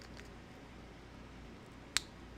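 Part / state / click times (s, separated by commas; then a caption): vape pod into battery / seated / 2.0 s. A vape pod is pushed into its battery again to show the fit, with a loud, crisp click at 1.9 seconds over a quiet background. Two faint ticks come near the start. The pod is seated firmly in the battery.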